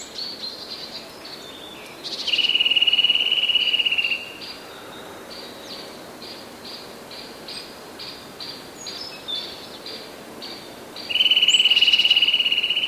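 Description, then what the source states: Eurasian nuthatch giving a very fast, even trill lasting about two seconds, repeated once later, between steady series of short, piping notes repeated several times a second. Described as the fastest trills.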